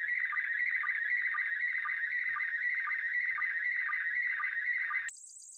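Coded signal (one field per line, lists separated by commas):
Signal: SSTV (slow-scan television)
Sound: warbling tone jittering around 2 kHz with regular low sync ticks, then a high whine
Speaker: थे प्रिंसिपल इंटेसटाइन उम्र यह सब टीवी सा मंडल का मंगल के सारे लौंडे है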